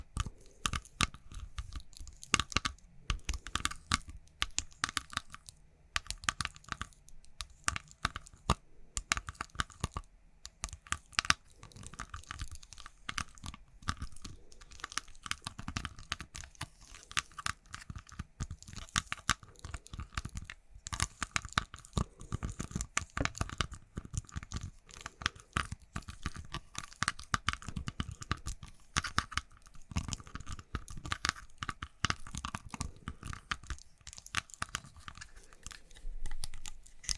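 Makeup triggers: dense, irregular tapping and scratching with crinkly, crunchy bursts, steady throughout, a faint low hum underneath the whole time.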